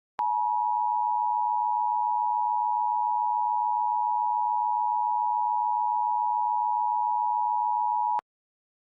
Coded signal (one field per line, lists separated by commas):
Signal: Emergency Alert System (SAME) tones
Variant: 853 and 960 Hz attention tone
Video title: EAS Reenactment Mock: "A WIND GUST OF 60 MPH WAS REPORTED 7 MILESWEST OF KIRBYVILLE." - 04/24/2015